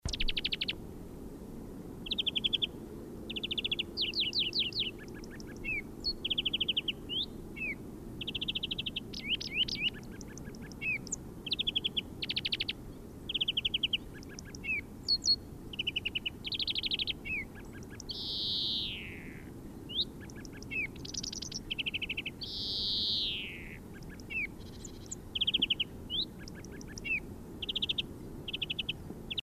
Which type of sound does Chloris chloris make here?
song